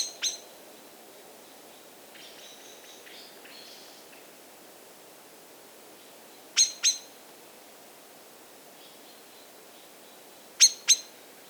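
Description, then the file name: Common blackbird sharp paired clicks, with a stretch of softer, fainter twittering notes between the louder call pairs. "Turdus merula"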